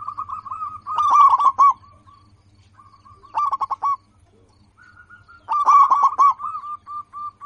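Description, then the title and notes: Zebra dove cooing song in three loud bursts of quick, clipped notes, the last trailing into a string of softer, evenly spaced coos, over a faint low hum. Local bird singing actively, with a loud, clear, crystal-like voice. "PERKUTUT LOKAL GACOR Suara KRISTAL LANTANG. Kicau Burung Perkutut"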